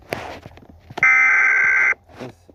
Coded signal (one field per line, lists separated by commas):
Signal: Emergency Alert System (SAME) tones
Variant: header bursts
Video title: How to Make EAS Scenario on Tablet (KINEMASTER TUTORIAL 2022) #easscenario #kinemaster #tutorial